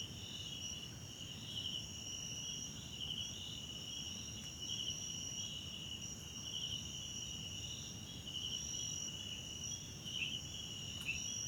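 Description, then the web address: Crickets trilling in a steady high chorus, with pulsed chirps recurring over a continuous higher whine and low background rumble. Background crickets at night in a wetland park at Kosi Forest Lodge, South Africa. "Tonschliff - SOUTH AFRICAN CRICKETS BG South Africa Wetland Park Kosi Forest Lodge Night"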